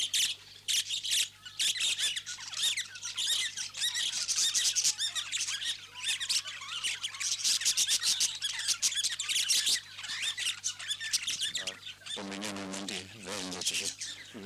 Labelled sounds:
Budgerigar call
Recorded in captivity
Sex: group
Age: adult
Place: Vogelpark Niendorf, Schleswig-Holstein, DE
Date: 2006-09-28 12:30
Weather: sonnig, 24°C
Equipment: Grundig CR 110, Sennheiser ME 80, Kopie Uher 4000 Report Monitor
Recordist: Tembrock, Günter

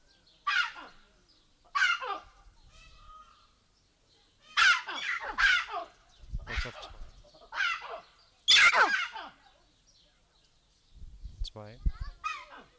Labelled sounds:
Collared Mangabey
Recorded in captivity
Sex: male
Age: adult
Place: Tierpark Berlin, Berlin, DE
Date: 1995-05-21 14:14
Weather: wolkig, 17°C
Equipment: Marantz CP 430, Sennheiser ME 80, Kopie Uher 4000 Report Monitor
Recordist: Tembrock, Günter

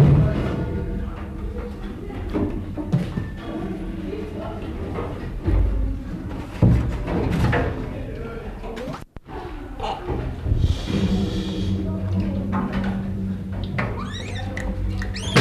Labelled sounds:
Mantled Guereza call
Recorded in captivity
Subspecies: caudatus
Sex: group
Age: diverse
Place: Zoopark Erfurt, Thüringen, DE
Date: 1972-05-19 14:00
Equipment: Uher 4200 Report Stereo, Sennheiser-Mikrofon, Tesla-Verstärker
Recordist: Tembrock, Günter

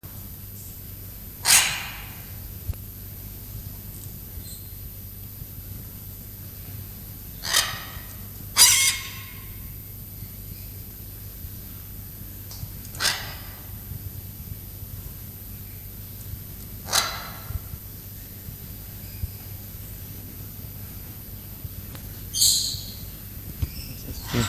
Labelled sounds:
Military Macaw call
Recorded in captivity
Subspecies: militaris
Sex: group
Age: adult
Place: Zoo Berlin, Berlin, DE
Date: 2005-09-01 15:40
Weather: sonnig, 24°C
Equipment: Panasonic RQ-2102, Sennheiser ME 80, Kopie Uher 4000 Report Monitor
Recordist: Tembrock, Günter
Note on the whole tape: Kleiner Soldatenara (A.m.militaris): sieben Exemplare, sitzen beieinander: Diverse Laute. Nachhall

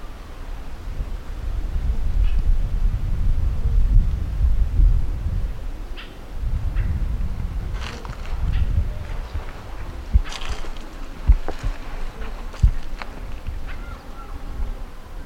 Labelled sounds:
Cape Verde Warbler call
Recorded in the wild
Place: S. Jorge dos Orgaos, Kapverdische Inseln, CV
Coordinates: 15.06, -23.62
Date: 1995-01-21 12:10
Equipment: Sony WM-D6C, Sennheiser ME 66, Kopie Revox C 270
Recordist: Fischer, Stefan

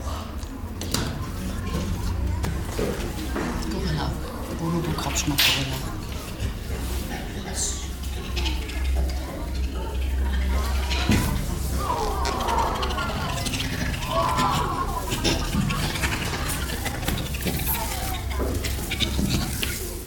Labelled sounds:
Western Gorilla call
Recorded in captivity
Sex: female
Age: juvenile
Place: Tiergarten Wilhelma/Stuttgart, Baden-Württemberg, DE
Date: 1996-09-21 14:15
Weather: sonnig, 16°C
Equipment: Sony MD-WM MZ-R3, Sennheiser ME 80, Kopie Uher 4000 Report Monitor
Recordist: Wendland-Tembrock, Sylvia

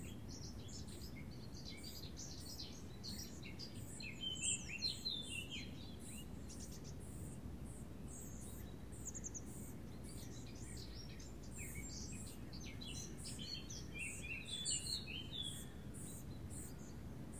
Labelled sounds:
Spotted Flycatcher call
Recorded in the wild
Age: juvenile
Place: Tiuccia, Corsica, FR
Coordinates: 42.0761, 8.74361
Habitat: Macchia
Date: 2011-07-14
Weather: sunny, 20°C, weak wind
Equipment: Zoom H2, rear micophones
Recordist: Frommolt, Karl-Heinz

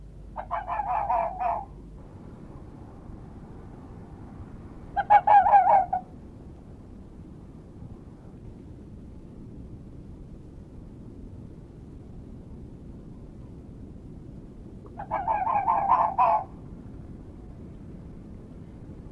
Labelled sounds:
Red Fox barking
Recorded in the wild
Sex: male
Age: adult
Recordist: Meyer, Hugo

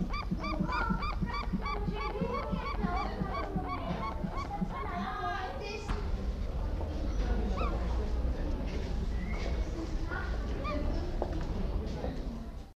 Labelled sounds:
Dark-winged Trumpeter call
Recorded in captivity
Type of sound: call
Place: Wilhelma Stuttgart, Baden-Württemberg, DE
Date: 1986-07-15
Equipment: Halbspur, 9,5 cm/s
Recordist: Lütgens, Hans
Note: Erregung. Zoo Stuttgart

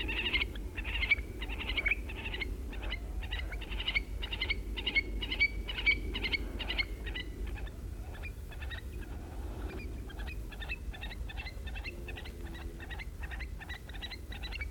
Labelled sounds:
Eurasian Stone-curlew call
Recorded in the wild
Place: Albesti, Transilvania, RO
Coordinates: 46.258, 24.86
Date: 1973-04-28
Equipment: Nagra III BH, Sennheiser MD 21, parabola
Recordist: Schubert, Michael
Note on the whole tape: Triel, Balz eines Paares bei Einbruch der Dämmerung

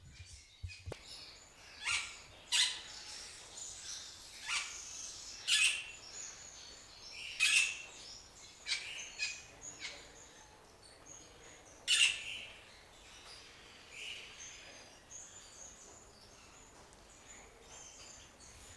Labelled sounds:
Red-rumped Cacique call
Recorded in captivity
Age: adult
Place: Zoo Berlin, Berlin, DE
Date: 2002-10-22 11:51
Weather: overcast, light rain shower, 13°C
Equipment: Nagra SN, Kopie Uher 4000 Report Monitor
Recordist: Tembrock, Günter

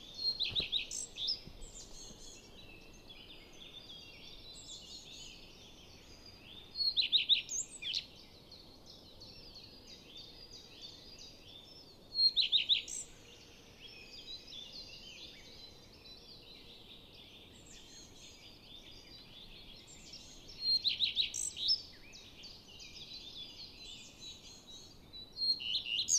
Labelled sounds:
Common Redstart song
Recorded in the wild
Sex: male
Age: adult
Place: Goriner Forst, Naturpark Barnim, Brandenburg, DE
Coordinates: 52.7038, 13.4911
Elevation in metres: 77
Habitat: deciderous forest
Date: 2014-04-27
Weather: cloudy, 15°C, weak wind
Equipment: Sound Devices 702, Sennheiser MKH 70, Rycote Windschutz
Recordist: Frommolt, Karl-Heinz

